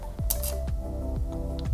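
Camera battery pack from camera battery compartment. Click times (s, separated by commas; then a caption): 0.3 s. A Canon EOS R50 camera battery pack is released from the camera's battery compartment by pressing the latch that holds it, with a sharp click at 0.3 s. Softer handling taps follow over steady background music. The latch releases and the battery pack comes out.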